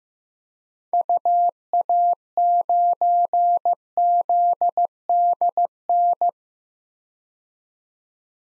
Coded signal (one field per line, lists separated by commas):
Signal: Morse code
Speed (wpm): 15 wpm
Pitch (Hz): 700 Hz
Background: none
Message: UA9ZDN